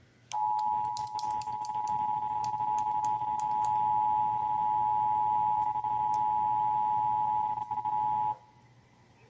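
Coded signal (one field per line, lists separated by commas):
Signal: Emergency Alert System (SAME) tones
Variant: 853 and 960 Hz attention tone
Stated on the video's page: Texas Required Monthly Test as aired on several broadcast radio and television stations.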